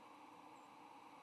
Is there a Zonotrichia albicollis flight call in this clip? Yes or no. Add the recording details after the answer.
yes. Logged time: 08:56 on 8 November 2014